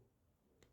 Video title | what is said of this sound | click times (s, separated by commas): 🎁என்னுடைய பிறந்தநாளுக்கு கிடைத்த பரிசு பொருட்கள் -- MY BIRTHDAY GIFTS | பாருங்கள், கரெக்டாக போய் அதில் லாக் ஆகிடுச்சு. | 0.6 s